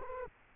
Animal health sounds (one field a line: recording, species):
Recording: mosquito wingbeat signal from an infrared sensor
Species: Culex quinquefasciatus